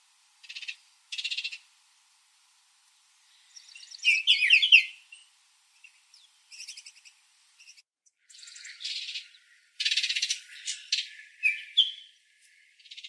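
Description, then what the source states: Bird calls in scattered bursts: short buzzy notes, a run of quick sweeping chirps, then louder harsh buzzes mixed with chirps. Arizona.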